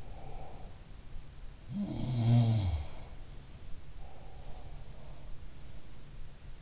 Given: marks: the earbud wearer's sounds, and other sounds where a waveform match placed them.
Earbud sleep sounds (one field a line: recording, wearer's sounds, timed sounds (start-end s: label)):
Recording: sounds in sleep by an in-ear microphone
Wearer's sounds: breath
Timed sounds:
0.00-0.88 s: breath
1.66-3.16 s: sound from someone else or the room
3.74-5.43 s: breath